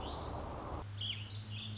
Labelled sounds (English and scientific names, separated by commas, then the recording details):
Warbling Vireo (Vireo gilvus)
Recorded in Sonoma County, California